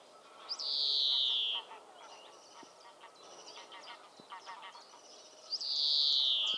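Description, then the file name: European greenfinch calls: two drawn-out buzzy wheezes about five seconds apart, each sliding slightly downward, with soft twittering from other birds between them. "Chloris chloris"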